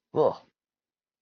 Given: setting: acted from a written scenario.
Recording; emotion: vocal sound without words; disgust